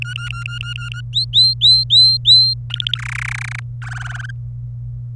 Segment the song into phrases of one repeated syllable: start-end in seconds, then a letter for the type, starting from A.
0.02-1.01 A, 1.13-2.54 B, 2.70-2.98 C, 2.99-3.60 D, 3.82-4.31 E